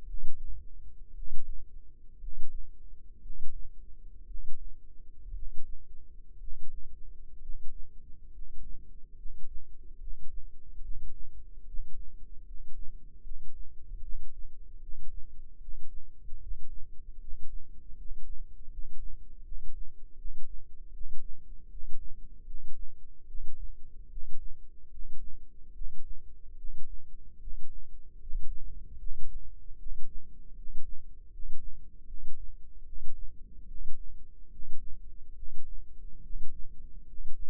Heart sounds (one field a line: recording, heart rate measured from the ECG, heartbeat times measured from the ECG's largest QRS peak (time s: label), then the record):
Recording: heart sounds by microphone in the left ear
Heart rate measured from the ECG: 71 bpm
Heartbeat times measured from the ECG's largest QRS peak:
0.06 s: heartbeat
1.14 s: heartbeat
2.19 s: heartbeat
3.21 s: heartbeat
4.26 s: heartbeat
5.33 s: heartbeat
6.39 s: heartbeat
7.40 s: heartbeat
8.31 s: heartbeat
9.16 s: heartbeat
9.98 s: heartbeat
10.82 s: heartbeat
11.65 s: heartbeat
12.45 s: heartbeat
13.22 s: heartbeat
14.01 s: heartbeat
14.80 s: heartbeat
15.59 s: heartbeat
16.39 s: heartbeat
17.19 s: heartbeat
17.96 s: heartbeat
18.69 s: heartbeat
19.43 s: heartbeat
20.16 s: heartbeat
20.92 s: heartbeat
21.68 s: heartbeat
22.45 s: heartbeat
23.26 s: heartbeat
24.08 s: heartbeat
24.90 s: heartbeat
25.72 s: heartbeat
26.55 s: heartbeat
27.38 s: heartbeat
28.18 s: heartbeat
28.97 s: heartbeat
29.77 s: heartbeat
30.54 s: heartbeat
31.29 s: heartbeat
32.05 s: heartbeat
32.84 s: heartbeat
33.66 s: heartbeat
34.49 s: heartbeat
35.34 s: heartbeat
36.21 s: heartbeat
37.05 s: heartbeat
From the record:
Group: healthy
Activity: rest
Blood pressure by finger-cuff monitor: 107/62 mmHg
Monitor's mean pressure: 74 mmHg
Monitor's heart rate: 72 bpm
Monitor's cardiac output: 7.3 L/min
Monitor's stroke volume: 100 mL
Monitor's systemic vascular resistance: 750 dyn s/cm5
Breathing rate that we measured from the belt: 6 breaths a minute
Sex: male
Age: 35 years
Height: 180 cm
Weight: 86.9 kg